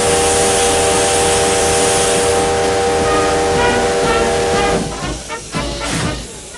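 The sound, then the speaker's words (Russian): A steam train pulls away: a loud, steady roar of hissing steam with a held whistle-like tone, breaking into the first slow, rhythmic chuffs near the end. “Поезд набирает ход. Солдаты машут из вагонов провожающим на перроне.”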